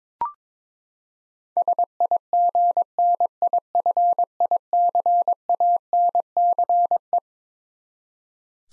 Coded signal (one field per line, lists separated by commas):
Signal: Morse code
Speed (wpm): 21 wpm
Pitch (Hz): 700 Hz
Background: none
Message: SIGNIFICANCE